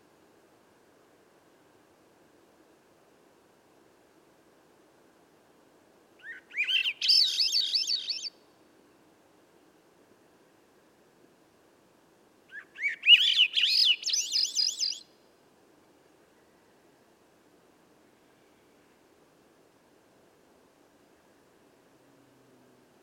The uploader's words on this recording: I was gifted this song last night by a little Swainson's Thrush that lived around my campsite. Recorder: Sound Devices MixPre6 microphone: MicBooster Pluggy, mounted in a Wildtronics Universal Parabolic dish. Original wav recording at 24bits, 192k.